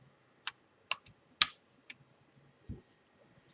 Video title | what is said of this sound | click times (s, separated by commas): Empire Mini GS - Ask the Tech | this slides in clicks in all the way you'll | 1.4 s